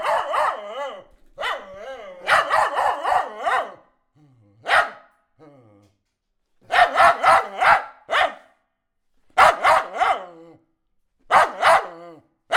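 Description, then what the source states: Dog giving repeated whining barks with a wavering, crying pitch, in uneven bursts of several yelps separated by short pauses. Dog crying and barking.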